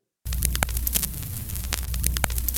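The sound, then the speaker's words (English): Steady vinyl surface noise with a low hum underneath, peppered with irregular sharp pops and clicks, like a worn vinyl record spinning on a record player with no music. “Here's an example of static that, if you're old enough to remember, you might have heard on what we used to call a record player, something that played old vinyl albums.”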